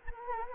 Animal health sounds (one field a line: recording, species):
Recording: mosquito wingbeat signal from an infrared sensor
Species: Anopheles gambiae